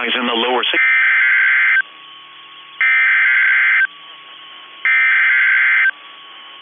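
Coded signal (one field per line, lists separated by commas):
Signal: Emergency Alert System (SAME) tones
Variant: header bursts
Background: speech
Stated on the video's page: Special Marine Warning received on NOAA Weather Radio transmitter.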